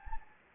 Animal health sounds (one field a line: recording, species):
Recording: mosquito wingbeat signal from an infrared sensor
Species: Anopheles gambiae